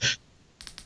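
A ratchet belt buckle on a slide belt strap is cinched tighter a second time, and the buckle seats with a series of small, regular clicks at 0.6, 0.7 and 0.8 seconds. The clip opens with a brief breathy burst before a quiet pause.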